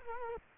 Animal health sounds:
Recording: mosquito wingbeat signal from an infrared sensor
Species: Culex quinquefasciatus

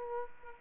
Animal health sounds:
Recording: mosquito wingbeat signal from an infrared sensor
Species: Aedes aegypti

